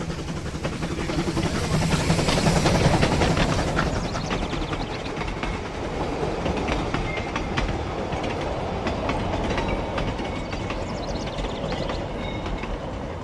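A train rumbles through a railway station, a steady heavy roar with faint clattering wheels, swelling loudest early on and then holding an even, continuous level without any voices.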